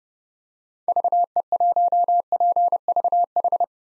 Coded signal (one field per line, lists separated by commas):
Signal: Morse code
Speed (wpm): 30 wpm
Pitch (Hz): 700 Hz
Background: none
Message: VE1PVH